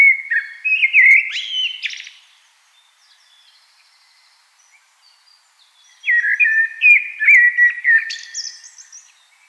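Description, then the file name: Common blackbird song in two phrases, each a liquid whistled warble ending in a strained high twitter, with a quiet pause between them. "Turdus merula"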